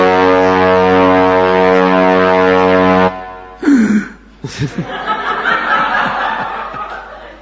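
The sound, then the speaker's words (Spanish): A single deep, steady ship foghorn blast holds for about three seconds and cuts off abruptly, followed by a short pause and then bursts of chuckling laughter. “pues se había roto en la niebla, se les había descompuesto al barco la sirena.”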